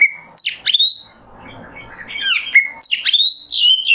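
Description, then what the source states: Oriental magpie-robin gives sharp, high whistled notes and scratchy slurs in two bright bursts separated by a softer, quieter stretch. Masteran tutor song of kacer in the nembak style.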